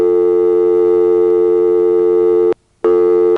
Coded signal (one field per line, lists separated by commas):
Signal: telephone call progress tone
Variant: North America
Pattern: dial tone